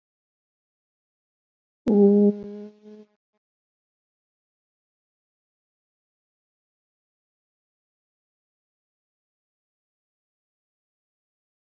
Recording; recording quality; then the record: sustained vowel as in boot; excellent, no background noise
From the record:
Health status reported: COVID-19 positive, no symptoms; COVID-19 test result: positive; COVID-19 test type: RT-PCR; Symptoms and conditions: cold, fatigue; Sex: female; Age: 26 years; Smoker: no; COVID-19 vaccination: both doses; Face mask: not worn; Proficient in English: yes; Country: India